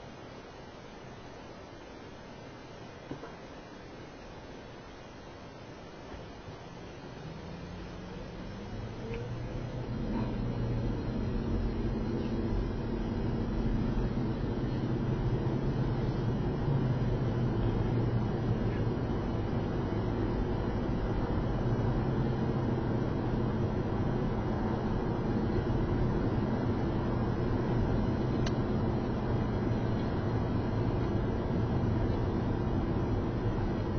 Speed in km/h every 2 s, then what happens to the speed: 0, 0, 0, 0, 15, 32, 42, 53, 60, 63, 63, 66, 69, 71, 71, 71, 69.
0-6 standing. 6-26 pulls away to 71. 26-34 steady at about 71.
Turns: none.